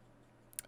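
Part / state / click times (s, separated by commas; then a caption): windshield wiper blade onto wiper arm J-hook / seated / 0.6 s. A new windshield wiper blade adapter is pushed onto the metal J-hook of the wiper arm. After a quiet stretch with a low hum, a faint tick comes at 0.5 s, then a sharp, bright click at 0.6 s and a softer tick just after. The blade is seated on the arm with the click at 0.6 s.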